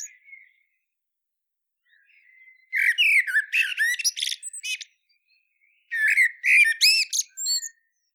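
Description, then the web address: Common blackbird song: faint quiet notes, then two loud phrases of mellow warbling ending in sharp, squeaky twitters, about a second apart. "SETE data Turdus merula"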